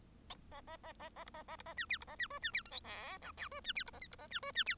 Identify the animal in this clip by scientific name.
Lonchura striata domestica